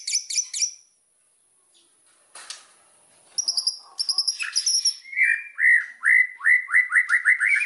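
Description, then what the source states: White-rumped shama: high, rapid buzzy bursts, a pause, more high buzzy bursts, then a run of repeated whistled notes about three to four per second. Recording used as a lure to provoke other white-rumped shamas into responding; the bird is described as singing vigorously (gacor).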